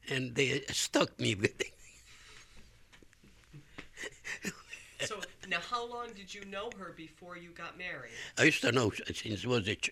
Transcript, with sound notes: And they stuck me with her. ( he laughs )
So, now how long did you know her before you got married?
I used to know since I was a child,